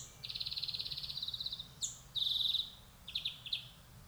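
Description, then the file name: European greenfinch giving one long rattling trill, then a shorter even trill and a few quick chipped notes; low background rumble. "Chloris chloris"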